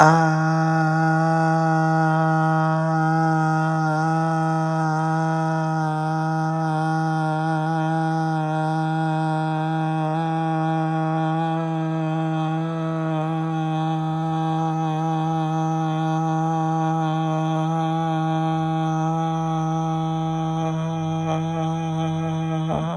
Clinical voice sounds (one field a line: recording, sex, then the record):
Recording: sustained vowel /a/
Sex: male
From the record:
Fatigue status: no fatigue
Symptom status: asymptomatic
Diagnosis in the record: COVID-19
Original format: m4a